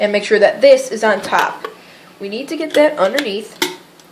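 A manual can opener is positioned on the rim of a metal can, with its cutting wheel being set under the can's lip while someone talks. Light metallic handling sounds are heard, and nothing has clicked into place yet.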